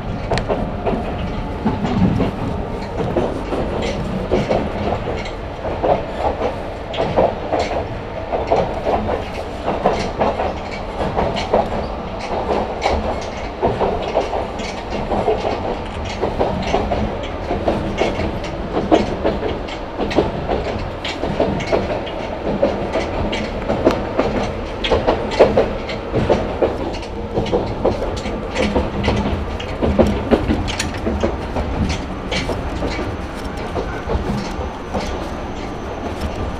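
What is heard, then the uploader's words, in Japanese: A ride aboard the Yokkaichi Asunarou Railway, with a steady low rumble of the train running throughout. Frequent sharp clicks and rattles from the wheels and car body come at an irregular, busy pace over the whole 37 seconds, with a faint whine sitting above. 四日市あすなろう鉄道 内部→日永→西日野→日永。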